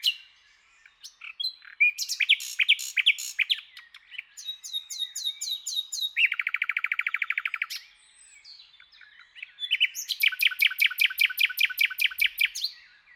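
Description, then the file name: Common nightingale singing varied phrases: repeated slurred notes, a buzzy rapid trill, a pause, then a long loud series of repeated chips. "Luscinia megarhynchos"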